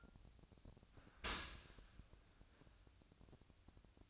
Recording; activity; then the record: daily activity, microphone in the room; open dishwasher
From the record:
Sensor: 2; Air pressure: 1003.0 hPa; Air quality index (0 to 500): 199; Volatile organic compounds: 6 ppm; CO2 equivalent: 1892 ppm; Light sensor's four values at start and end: 16/39/17/18 and 16/39/17/18